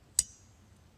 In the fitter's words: the plastic piece straight and once it fits in there just push it up that way and you should hear a click and that